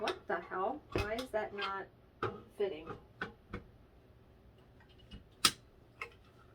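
Someone talks while trying to fit the stand arm piece of a Daylight Company StitchSmart needlework stand into its mounting socket, followed by short sharp knocks and taps of handling around 3.2, 3.5, 5.5 and 6.0 seconds. The part is being handled but has not gone home yet; nothing has seated or clicked.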